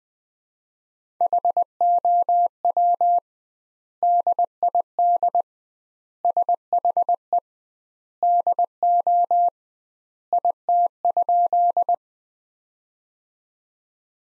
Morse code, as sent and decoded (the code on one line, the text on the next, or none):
.... --- .-- / -.. .. -.. / ... .... . / -.. --- / .. - ..--..
HOW DID SHE DO IT?